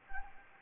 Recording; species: mosquito wingbeat signal from an infrared sensor; Anopheles arabiensis